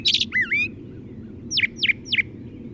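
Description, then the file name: Brown thrasher song: a buzzy burst and a looping whistled phrase, then three identical sharp downslurred notes repeated in quick succession. "suara kicauan brown thrasher. omkicau"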